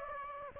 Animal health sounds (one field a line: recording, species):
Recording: mosquito wingbeat signal from an infrared sensor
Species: Aedes aegypti